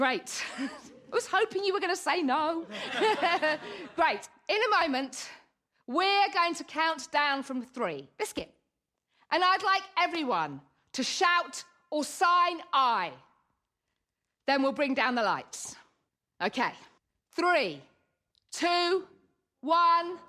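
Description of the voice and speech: A woman speaks fluently to an audience, with the word "biscuit" blurted out mid-sentence, an involuntary vocal tic of Tourette syndrome.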